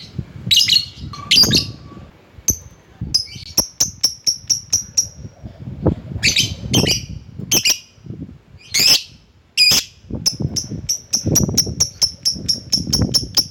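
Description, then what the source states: Lovebird giving harsh squawks and series of sharp high chirps over low background noise. Lovebird calling a rival.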